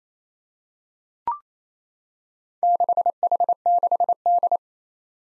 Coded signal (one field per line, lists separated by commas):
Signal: Morse code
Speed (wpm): 28 wpm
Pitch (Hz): 700 Hz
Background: none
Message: 6H6D